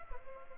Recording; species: mosquito wingbeat signal from an infrared sensor; Culex pipiens